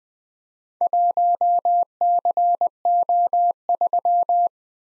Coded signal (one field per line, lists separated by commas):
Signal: Morse code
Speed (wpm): 20 wpm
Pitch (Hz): 700 Hz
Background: none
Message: 1CO3